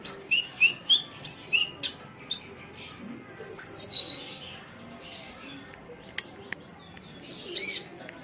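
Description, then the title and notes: Oriental magpie-robin song of clear, sweet whistled notes, some falling and some rising, delivered in varied phrases with short pauses and a few sharp clicks. "Kicau Kacer. kiccau"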